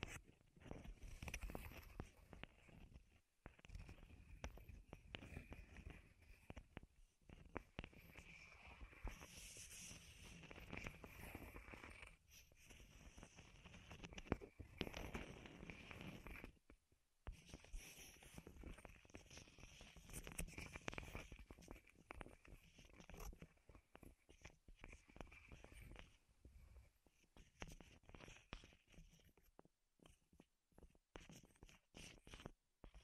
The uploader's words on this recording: ASMR Wood Triggers in Your Ears (No Talking).